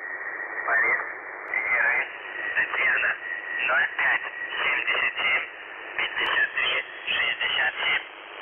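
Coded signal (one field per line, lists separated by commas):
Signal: numbers station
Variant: UVB-76, Russian voice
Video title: The Buzzer/UVB-76 Voice Message (December 1, 2020 10:47 UTC)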